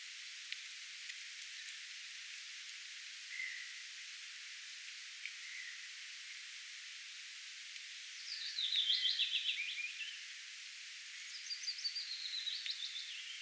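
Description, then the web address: Willow warbler singing two clear phrases late, each a run of quick, soft notes tumbling downward in pitch, over faint steady hiss and a few soft chips earlier. Recorded 10 May 2025; the bird gradually comes closer while singing and finally sings right beside the recorder. "paivat 10 5 2025 pajulintu tulee vahitellen lahemmaksi laulamaan ja on lopuksi aivan vierella"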